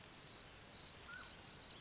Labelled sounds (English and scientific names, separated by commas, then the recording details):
Mountain Quail (Oreortyx pictus)
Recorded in Sonoma County, California